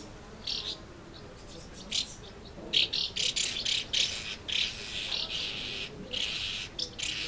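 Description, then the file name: Swallows, a few high chirps then a busy run of twittering notes. Recorded at Amblagnieu on 2 July 2017 with an MZ-N710 recorder. "MZ-N 710 Hirondelles Amblagnieu 2 07 17"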